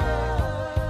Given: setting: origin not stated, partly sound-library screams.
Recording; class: one-second piece from a danger detection set; normal situation